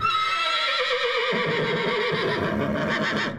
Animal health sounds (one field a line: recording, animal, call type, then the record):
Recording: contact call of a hoofed animal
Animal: horse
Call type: whinny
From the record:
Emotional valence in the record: negative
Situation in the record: separation from one group member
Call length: 3.4 s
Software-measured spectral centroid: 2170 Hz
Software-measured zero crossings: 3030 a second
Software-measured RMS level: -24 dBFS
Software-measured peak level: -12 dBFS